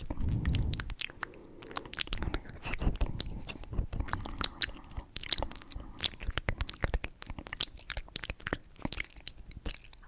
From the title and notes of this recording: ASMR Intense Mouth Sounds with New Mic.